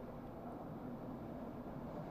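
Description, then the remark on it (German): A train rumbles by in a steady, low, continuous roar with an even hiss on top, holding the same fairly quiet level throughout, with no voices. “Hin und wieder rauschte in meinem Rücken ein Zug vorbei.”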